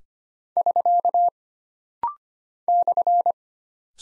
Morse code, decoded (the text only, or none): <SK> /